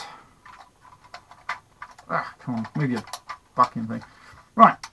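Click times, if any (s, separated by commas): 4.8 s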